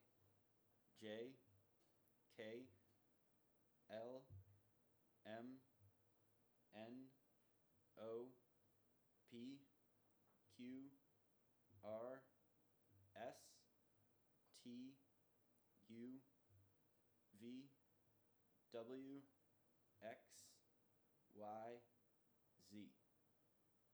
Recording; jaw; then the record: letters of the alphabet, spoken; free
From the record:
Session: first day, before the bite bar